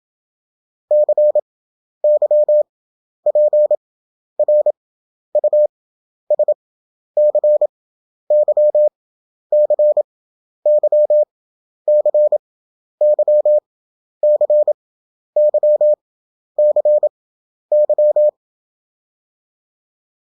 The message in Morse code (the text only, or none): CYPRUS CY CY CY CY CY